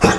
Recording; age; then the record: pig call; growing-finishing pig (85 days or more)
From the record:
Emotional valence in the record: positive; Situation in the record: enriched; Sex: female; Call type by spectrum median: low-frequency call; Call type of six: low-frequency tonal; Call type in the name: low-frequency tonal, not sure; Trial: 3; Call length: 0.19 s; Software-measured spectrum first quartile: 327 Hz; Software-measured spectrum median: 780 Hz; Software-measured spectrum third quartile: 2005 Hz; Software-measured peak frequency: 451 Hz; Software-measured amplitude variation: 111 dB a second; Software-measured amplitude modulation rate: 7.8 a second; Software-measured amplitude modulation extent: 14.3 dB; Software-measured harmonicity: -0.9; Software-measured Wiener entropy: -0.99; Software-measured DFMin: 393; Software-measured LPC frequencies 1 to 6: 503, 1608, 2569, 3555, 5009, 5548 Hz